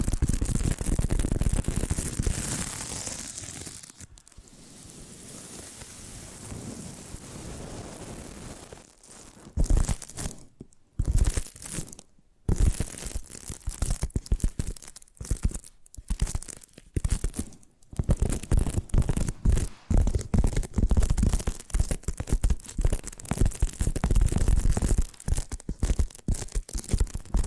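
Tapping and crinkling triggers, starting with a dense, steady rustle for the first few seconds, then a quieter stretch of soft hiss. From about ten seconds on, quick irregular taps and crunchy bursts come in clusters broken by brief silences, running low and bright together to the end.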